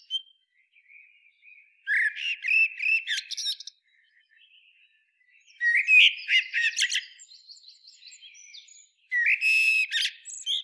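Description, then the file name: Eurasian blackbird delivering three separate song phrases, each a mellow warble topped by squeaky high-pitched twittering, spaced by roughly two-second gaps with faint quiet notes between. "Turdus merula"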